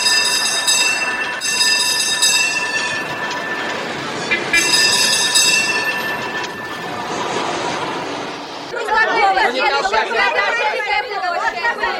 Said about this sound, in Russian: Трамвай.